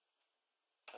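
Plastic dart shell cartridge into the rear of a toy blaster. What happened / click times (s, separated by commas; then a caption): The plastic cartridge clicked into place / 0.9 s. A plastic dart shell cartridge is pushed into the back of a toy foam-dart blaster. After near-silence with a faint tick around 0.2 s, a sharp click at 0.9 s marks the cartridge seating into place.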